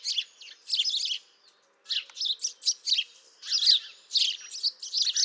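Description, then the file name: House sparrow gives busy high chirps in quick clusters, pausing briefly near a second and a half before resuming steadily. "Passer domesticus"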